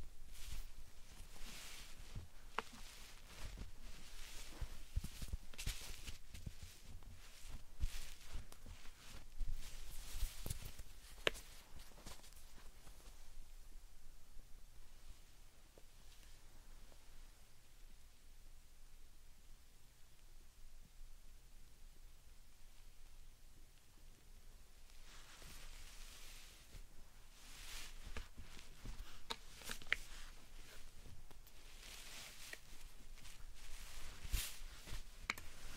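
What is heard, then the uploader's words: Slime sand is squished and pressed, giving dense bursts of crisp crackling and soft squelching. The handling is busy for the first twelve seconds, settles into a quiet, muted stretch, then picks up again with bright crunchy bursts after about 25 seconds. ASMR Satisfying Slime Sand Triggers for Sleep (No Talking).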